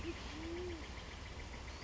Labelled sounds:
Band-tailed Pigeon
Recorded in Sonoma County, California

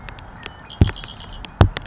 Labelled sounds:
Red-winged Blackbird
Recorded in Sonoma County, California

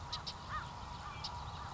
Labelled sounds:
American Crow
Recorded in Sonoma County, California

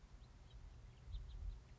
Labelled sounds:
House Finch
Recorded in Sonoma County, California

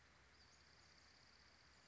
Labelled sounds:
Western Flycatcher
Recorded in Sonoma County, California

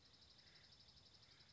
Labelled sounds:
Dark-eyed Junco
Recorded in Sonoma County, California

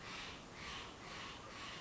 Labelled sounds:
Steller's Jay
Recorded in Sonoma County, California

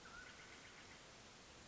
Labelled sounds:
Mountain Quail
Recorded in Sonoma County, California

